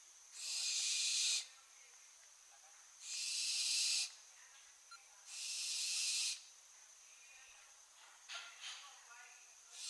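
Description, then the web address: Barn owl giving long harsh hissing screeches, each about a second long, repeated roughly every two to three seconds, with a few faint softer sounds near the end. "Schleiereule - Schleiereule - Tyto alba"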